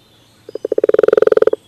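Common toad croaking, a pulsed rattle that begins with spaced notes and quickens into an even run of many pulses.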